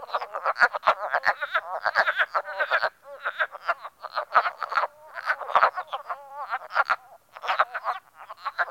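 Wood frog chorus, many overlapping hoarse, clucking croaks, like quacking chuckles, repeated rapidly with brief gaps.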